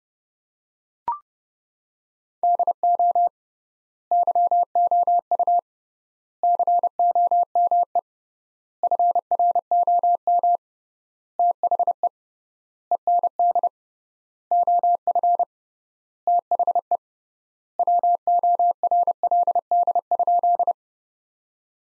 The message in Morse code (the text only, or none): DO YOU COME FROM THE END OF THE WORLD?